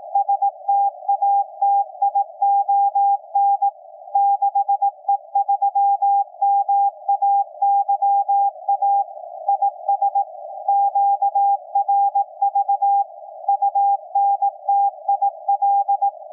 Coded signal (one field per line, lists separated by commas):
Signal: Morse code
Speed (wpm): 18 wpm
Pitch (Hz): 800 Hz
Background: none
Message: STATION 6E3MAYA IS QRV UNTIL